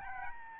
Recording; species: mosquito wingbeat signal from an infrared sensor; Aedes albopictus